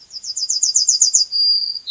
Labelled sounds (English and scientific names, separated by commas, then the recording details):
Yellowhammer (Emberiza citrinella) song
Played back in forest
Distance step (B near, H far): B
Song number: 113